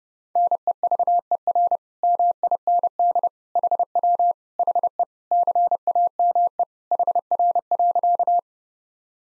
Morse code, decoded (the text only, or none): NEVER MIND HW HE CAME HR.